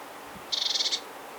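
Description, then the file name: Eurasian blue tit making a short churr, a quick burst of several high buzzy pulses, under half a second long, against quiet background noise. "Cyanistes caeruleus"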